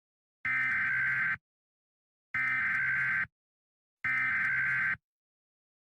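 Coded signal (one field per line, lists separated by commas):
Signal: Emergency Alert System (SAME) tones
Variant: header bursts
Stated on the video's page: Fictional EAS scenario, not a real alert.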